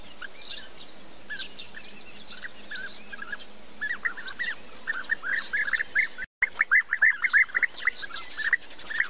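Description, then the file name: European bee-eater calls, soft rolling trills that start sparse and quiet, then grow busier and louder. "Canto do Abelharuco"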